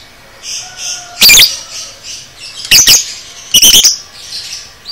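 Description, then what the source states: Lovebird calling with three bursts of harsh, high shrieks, the later ones clustered in quick pairs and triplets, over a soft chattering background. Masteran training recording for teaching cage birds; lovebird type 'paud'.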